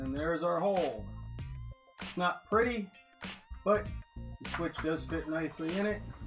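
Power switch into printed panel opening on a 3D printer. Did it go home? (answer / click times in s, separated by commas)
no / none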